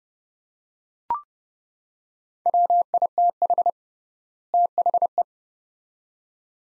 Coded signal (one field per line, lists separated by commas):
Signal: Morse code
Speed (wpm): 29 wpm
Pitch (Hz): 700 Hz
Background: none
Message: WITH THE